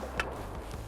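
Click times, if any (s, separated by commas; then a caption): 0.2 s. A plastic side-release (Fastex-type) buckle on an inner tactical belt, pulled over a jacket, is fastened and snaps closed with one sharp click at 0.2 s. The buckle is seated. Faint low background hum runs throughout.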